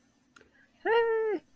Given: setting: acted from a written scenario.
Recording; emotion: vocal sound without words; pride